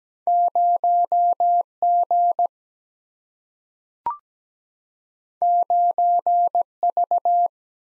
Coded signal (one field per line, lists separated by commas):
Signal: Morse code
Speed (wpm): 17 wpm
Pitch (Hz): 700 Hz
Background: none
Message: 0 G 9 V